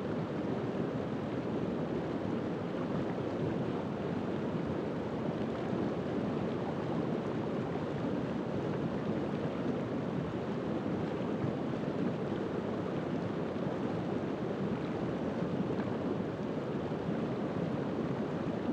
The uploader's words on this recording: Sound of the River at Night in Gorham, New Hampshire. Dolly Copp Campground, Gorham, NH.